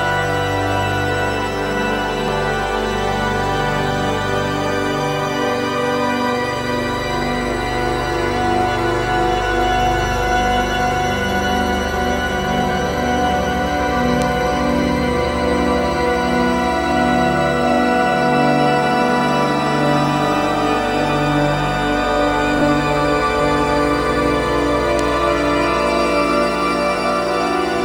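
A drone that keeps shifting and burbling, its many stacked tones sliding and wobbling throughout. The loudness stays even for the whole 28 seconds, while the low tones change pitch more noticeably after about six seconds and a thin high shimmer runs above.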